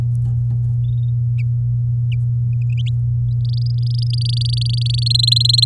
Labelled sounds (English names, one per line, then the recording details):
Domestic Canary song
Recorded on 10 May 2018 at 12:51
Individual llb16